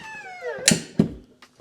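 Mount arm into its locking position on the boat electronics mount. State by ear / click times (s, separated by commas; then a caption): seated / 0.7 s. After the knob is loosened, the arm of a boat electronics mount is pulled back up until it locks into position. A falling, squeal-like tone slides down through the first 0.6 seconds, then a sharp click at 0.7 s marks the arm locking in place, followed by a second knock at 1.0 s and fainter taps near 1.4 and 1.6 s.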